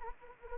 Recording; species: mosquito wingbeat signal from an infrared sensor; Anopheles arabiensis